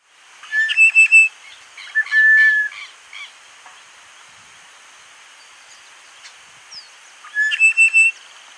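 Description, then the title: Bird singing clear whistles and quick chirps, a long level whistle in the middle, ending with another bright whistled phrase over a steady high-pitched hiss. "LuckyPassaro Completos2Sama"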